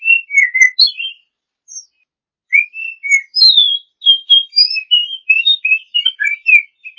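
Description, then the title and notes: Oriental magpie-robin song, rich varied whistles sliding up and down, an opening phrase, a brief gap, then a sustained rapid sequence to the end. A champion bird. "Kicau Burung Kacer Juara. Suara Kicauan Burung Kacer Juara"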